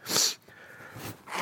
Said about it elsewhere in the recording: I was sick in the week on Wednesday, and now I'm kind of recovering from it. Still sneezing and still unwell.